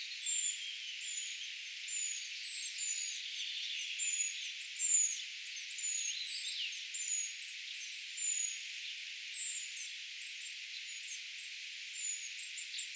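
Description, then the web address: Eurasian treecreeper calls: thin, high-pitched notes in a steady series, with faint scattered ticks in the background. Brood of young calling, recorded 4 June 2025; identification is tentative. "paivat 4 6 2025 tietaakseni puukiipijapesueen aantelya"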